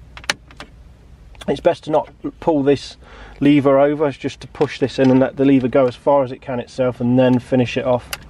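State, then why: Not seated. A large multi-pin wiring connector with a locking lever is handled at the back of a CD30 MP3 stereo head unit from a Vauxhall Astra H, with a few brief sharp handling clicks near the start. Someone talks for most of the clip. The connector has not seated or clicked home yet.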